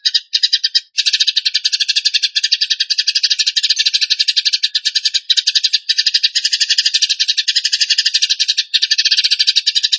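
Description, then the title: Tembakan bird singing a long, unbroken, dense rattling trill after two short opening bursts, harsh and buzzy throughout. Tutor (masteran) recording of a Tembakan bird in full song (gacor). "Masteran Burung Tembakan Gacor"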